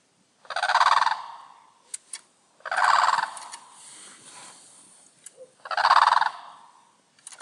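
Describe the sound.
Bird giving loud, harsh rattling bursts about a second long, three of them spaced roughly two to three seconds apart, with faint clicks between.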